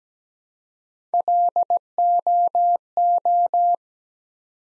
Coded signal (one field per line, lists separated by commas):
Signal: Morse code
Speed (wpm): 17 wpm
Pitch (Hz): 700 Hz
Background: none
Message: LOO